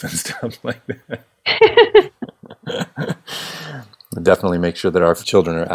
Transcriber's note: laughs